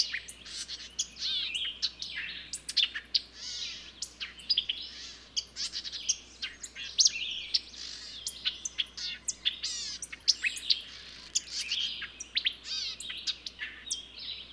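Birds in a dense chorus, overlapping high chirps, twitters and trilled phrases running almost without pause, with steady faint background hiss.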